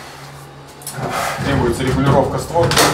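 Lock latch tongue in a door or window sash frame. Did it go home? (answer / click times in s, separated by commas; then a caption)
no / none. During an apartment handover inspection, a door or window sash is pushed closed against its frame, but the lock latch tongue, slightly deformed, does not catch, so the sash needs adjustment. A short bump is heard at about 0.9 s, yet nothing has clicked or seated, and someone talks throughout.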